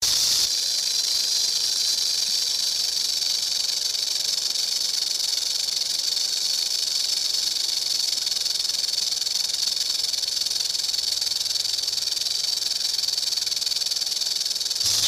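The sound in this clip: Rattlesnake rattle, a steady high buzzing hiss that holds unbroken for about fourteen seconds, starting and stopping abruptly.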